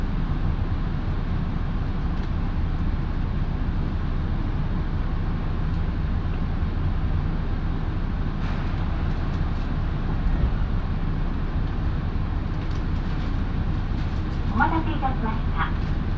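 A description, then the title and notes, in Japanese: A local train on the Minobu Line rumbles steadily and low, with faint clicks and a brief high squeal near the end. 身延線 富士→芝川。身延線を各駅停車で乗り通します。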